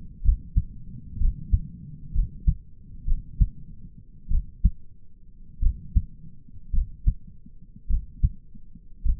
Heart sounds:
heart sounds by stethoscope; 55 bpm
0.25 s: heartbeat
1.20 s: heartbeat
2.15 s: heartbeat
3.07 s: heartbeat
4.31 s: heartbeat
5.62 s: heartbeat
6.73 s: heartbeat
7.90 s: heartbeat
9.05 s: heartbeat
From the record:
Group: healthy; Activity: rest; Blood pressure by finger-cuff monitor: 113/68 mmHg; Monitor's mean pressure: 87 mmHg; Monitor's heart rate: 54 bpm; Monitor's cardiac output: 5.5 L/min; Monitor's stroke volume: 90 mL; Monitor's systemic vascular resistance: 1160 dyn s/cm5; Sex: male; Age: 22 years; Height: 181 cm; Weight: 79 kg

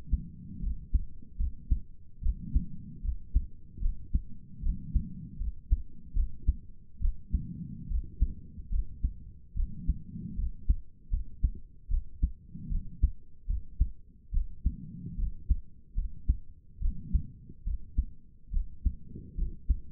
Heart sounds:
heart sounds by stethoscope; 74 bpm
0.62 s: heartbeat
1.38 s: heartbeat
2.22 s: heartbeat
3.03 s: heartbeat
3.81 s: heartbeat
4.62 s: heartbeat
5.39 s: heartbeat
6.15 s: heartbeat
7.01 s: heartbeat
7.89 s: heartbeat
8.71 s: heartbeat
9.55 s: heartbeat
10.37 s: heartbeat
11.11 s: heartbeat
11.90 s: heartbeat
12.70 s: heartbeat
13.48 s: heartbeat
14.32 s: heartbeat
15.17 s: heartbeat
15.96 s: heartbeat
16.81 s: heartbeat
17.65 s: heartbeat
18.52 s: heartbeat
19.37 s: heartbeat
From the record:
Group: healthy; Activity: rest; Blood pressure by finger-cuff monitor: 89/56 mmHg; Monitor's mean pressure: 68 mmHg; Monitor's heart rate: 73 bpm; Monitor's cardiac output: 6.1 L/min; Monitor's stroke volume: 83 mL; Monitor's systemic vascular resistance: 800 dyn s/cm5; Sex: female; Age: 22 years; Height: 163 cm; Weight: 67.1 kg

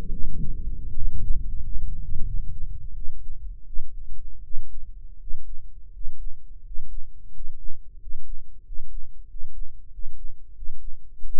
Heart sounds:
heart sounds by microphone in the right ear; 87 bpm
0.08 s: heartbeat
0.91 s: heartbeat
1.58 s: heartbeat
2.23 s: heartbeat
2.93 s: heartbeat
3.64 s: heartbeat
4.41 s: heartbeat
5.17 s: heartbeat
5.90 s: heartbeat
6.61 s: heartbeat
7.30 s: heartbeat
7.96 s: heartbeat
8.62 s: heartbeat
9.25 s: heartbeat
9.88 s: heartbeat
10.52 s: heartbeat
11.15 s: heartbeat
From the record:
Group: healthy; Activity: breath hold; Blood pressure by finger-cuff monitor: 114/76 mmHg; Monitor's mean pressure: 87 mmHg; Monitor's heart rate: 79 bpm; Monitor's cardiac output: 6.1 L/min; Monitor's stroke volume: 75 mL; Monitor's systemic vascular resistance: 1030 dyn s/cm5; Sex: male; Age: 21 years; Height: 170 cm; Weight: 71 kg

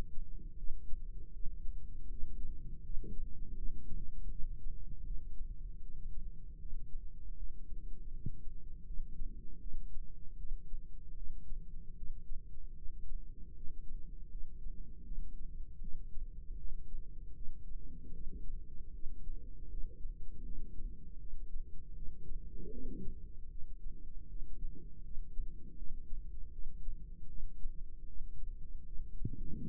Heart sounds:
heart sounds by microphone in the right ear; 78 bpm
0.56 s: heartbeat
1.32 s: heartbeat
2.08 s: heartbeat
2.82 s: heartbeat
3.55 s: heartbeat
4.29 s: heartbeat
5.04 s: heartbeat
5.81 s: heartbeat
6.58 s: heartbeat
7.35 s: heartbeat
8.11 s: heartbeat
8.84 s: heartbeat
9.59 s: heartbeat
10.36 s: heartbeat
11.15 s: heartbeat
11.94 s: heartbeat
12.74 s: heartbeat
13.54 s: heartbeat
14.29 s: heartbeat
15.03 s: heartbeat
15.79 s: heartbeat
16.56 s: heartbeat
17.33 s: heartbeat
18.12 s: heartbeat
18.92 s: heartbeat
19.68 s: heartbeat
20.43 s: heartbeat
21.18 s: heartbeat
21.94 s: heartbeat
22.70 s: heartbeat
23.49 s: heartbeat
24.27 s: heartbeat
25.02 s: heartbeat
25.75 s: heartbeat
26.51 s: heartbeat
27.27 s: heartbeat
28.05 s: heartbeat
28.84 s: heartbeat
29.61 s: heartbeat
From the record:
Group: healthy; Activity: rest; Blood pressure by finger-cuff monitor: 165/117 mmHg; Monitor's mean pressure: 133 mmHg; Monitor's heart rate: 79 bpm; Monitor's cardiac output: 4.3 L/min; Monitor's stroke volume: 54 mL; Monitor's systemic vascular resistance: 2360 dyn s/cm5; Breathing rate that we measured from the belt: 11 breaths a minute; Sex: female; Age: 51 years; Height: 162 cm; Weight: 70.04 kg

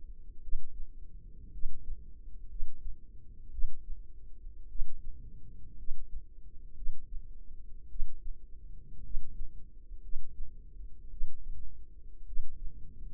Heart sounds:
heart sounds by microphone in the left ear; 56 bpm
0.40 s: heartbeat
1.50 s: heartbeat
2.47 s: heartbeat
3.49 s: heartbeat
4.67 s: heartbeat
5.75 s: heartbeat
6.73 s: heartbeat
7.87 s: heartbeat
9.01 s: heartbeat
10.00 s: heartbeat
11.08 s: heartbeat
12.24 s: heartbeat
From the record:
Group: healthy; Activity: rest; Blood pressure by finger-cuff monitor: 94/58 mmHg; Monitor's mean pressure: 69 mmHg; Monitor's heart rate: 55 bpm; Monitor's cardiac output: 4.5 L/min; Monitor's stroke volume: 80 mL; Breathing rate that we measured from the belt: 16 breaths a minute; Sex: female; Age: 36 years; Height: 163 cm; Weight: 88 kg

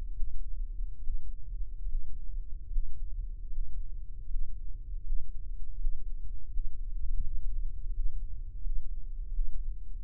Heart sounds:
heart sounds by microphone in the right ear; 79 bpm
0.10 s: heartbeat
0.97 s: heartbeat
1.82 s: heartbeat
2.65 s: heartbeat
3.45 s: heartbeat
4.23 s: heartbeat
4.99 s: heartbeat
5.74 s: heartbeat
6.47 s: heartbeat
7.18 s: heartbeat
7.89 s: heartbeat
8.59 s: heartbeat
9.28 s: heartbeat
9.98 s: heartbeat
From the record:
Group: healthy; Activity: breath hold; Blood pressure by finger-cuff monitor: 89/59 mmHg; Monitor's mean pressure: 68 mmHg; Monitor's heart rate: 77 bpm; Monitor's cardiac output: 6.7 L/min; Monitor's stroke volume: 89 mL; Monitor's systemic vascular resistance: 540 dyn s/cm5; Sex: male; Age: 23 years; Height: 178 cm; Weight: 96.6 kg

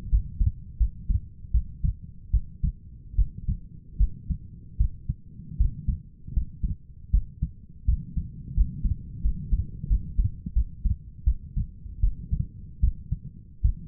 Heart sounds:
heart sounds by stethoscope; 80 bpm
0.10 s: heartbeat
0.78 s: heartbeat
1.52 s: heartbeat
2.31 s: heartbeat
3.16 s: heartbeat
3.98 s: heartbeat
4.78 s: heartbeat
5.58 s: heartbeat
6.34 s: heartbeat
7.12 s: heartbeat
7.86 s: heartbeat
8.55 s: heartbeat
9.23 s: heartbeat
9.88 s: heartbeat
10.54 s: heartbeat
11.25 s: heartbeat
12.01 s: heartbeat
12.81 s: heartbeat
13.62 s: heartbeat
From the record:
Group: healthy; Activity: rest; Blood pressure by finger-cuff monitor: 120/74 mmHg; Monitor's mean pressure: 91 mmHg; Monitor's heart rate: 79 bpm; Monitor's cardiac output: 6.6 L/min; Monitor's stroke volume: 80 mL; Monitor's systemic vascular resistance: 1000 dyn s/cm5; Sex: female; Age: 37 years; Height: 168 cm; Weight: 70 kg

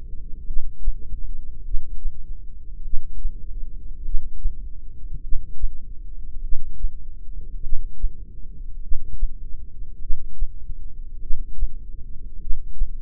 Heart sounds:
heart sounds by microphone in the left ear; 50 bpm
0.47 s: heartbeat
1.65 s: heartbeat
2.85 s: heartbeat
4.05 s: heartbeat
5.23 s: heartbeat
6.44 s: heartbeat
7.64 s: heartbeat
8.83 s: heartbeat
10.02 s: heartbeat
11.22 s: heartbeat
12.41 s: heartbeat
From the record:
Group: heart failure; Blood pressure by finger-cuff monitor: 116/66 mmHg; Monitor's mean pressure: 83 mmHg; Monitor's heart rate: 50 bpm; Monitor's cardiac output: 4.3 L/min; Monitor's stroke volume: 86 mL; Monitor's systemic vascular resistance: 1390 dyn s/cm5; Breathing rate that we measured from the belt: 15 breaths a minute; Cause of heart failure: cardiac sarcoid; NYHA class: 1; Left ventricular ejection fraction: 39%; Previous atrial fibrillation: present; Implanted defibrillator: present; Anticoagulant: apixaban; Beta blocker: carvedilol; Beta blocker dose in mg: 50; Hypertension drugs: ramipril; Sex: male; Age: 79 years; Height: 184 cm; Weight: 92.5 kg

